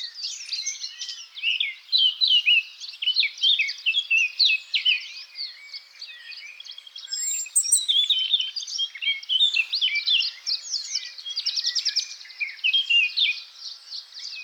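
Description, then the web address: Eurasian blackcap delivering a continuous, hurried warbling of scratchy chips and clearer phrases, varied and running on for the whole stretch with barely a break. "SETE Sylvia atricapilla"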